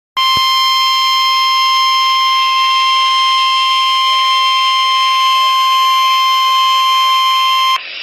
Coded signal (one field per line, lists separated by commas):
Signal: Emergency Alert System (SAME) tones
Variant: 1050 Hz attention tone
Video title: Here's more severe weather... (EAS 119-138) 4/20/23